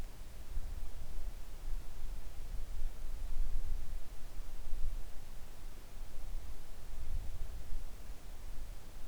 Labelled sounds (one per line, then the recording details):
wind
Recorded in the Arctic National Wildlife Refuge, Alaska, on 3 August 2019 at 10:40
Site 41